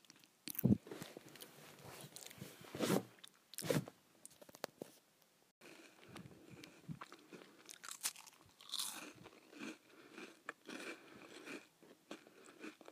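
Someone eats crackers, with sharp, dry crunches at about 0.7, 2.9 and 3.7 seconds, then a denser run of smaller bites and chewing from about 5.5 seconds to the end. Between bites there are soft crackles and quiet mouth sounds.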